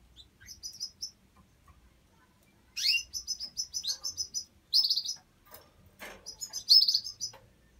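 Domestic canary song: quiet opening twitters, then loud bursts of rapid high chirping phrases separated by brief gaps.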